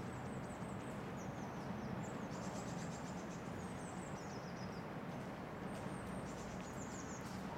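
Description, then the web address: Birds calling with high, thin chirps in quick descending runs over a steady low rumble. Birds in a residential area, calm setting. "lynne-publishing Residential Area Birds"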